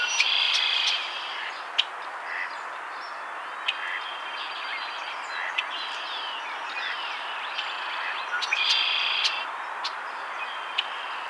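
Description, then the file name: Red-winged Blackbird song: a buzzy trill at the opening and another near nine seconds, with sharp clicks and assorted bird chirps against a hissing background. "Agelaius phoeniceus - Red-winged Blackbird"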